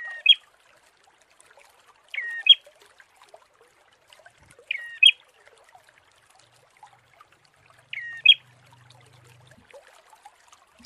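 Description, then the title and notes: Prinia phrase: quieter two-part notes ending in an upward chirp, repeated several times at intervals of a few seconds. Prenjak; tutor (masteran) therapy recording for training birds. "Masteran Terapi Prenjak. Burung Prenjak"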